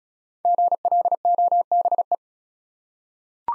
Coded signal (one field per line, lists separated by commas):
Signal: Morse code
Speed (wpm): 36 wpm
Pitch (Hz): 700 Hz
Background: none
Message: GLOBE